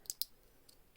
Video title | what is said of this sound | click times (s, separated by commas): Budget Seiko Homage That Outperforms The Original? | it's got a really solid click as well | 0.1 s, 0.2 s